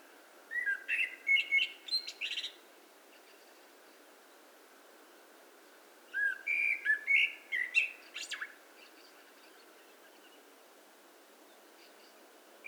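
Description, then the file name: Common blackbird singing two phrases about six seconds apart. Each has low, rich warbled whistles ending in a squeaky, high twitter, with quiet gaps between. "Turdus merula"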